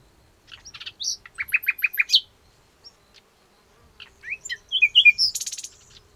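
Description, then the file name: Common nightingale phrase of evenly repeated short notes ending in a high flourish, then after a pause a twittering run closing in a dense buzzy rattle. "Luscinia megarhynchos"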